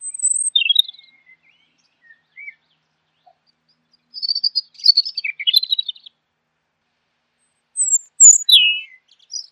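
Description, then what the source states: Bird song of scattered high chirps and thin whistles, a dense burst of rapid twittering midway, then sharp descending squeaky notes near the end. Masteran training recording.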